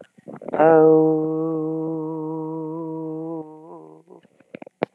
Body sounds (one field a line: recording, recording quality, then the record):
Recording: sustained vowel as in boot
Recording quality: moderate, slight background noise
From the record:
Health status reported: exposed to COVID-19, no respiratory illness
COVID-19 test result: negative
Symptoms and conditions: fatigue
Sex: female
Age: 47 years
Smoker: yes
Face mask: not worn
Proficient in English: yes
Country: France